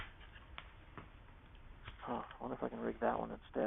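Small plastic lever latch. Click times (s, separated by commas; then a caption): 0.6 s. A side lock lever on a locking phone mount is pulled down to release a phone case, and a sharp click is heard at 0.6 s, followed by a few fainter taps. The mount's lock lets go so the case can come off, then someone talks.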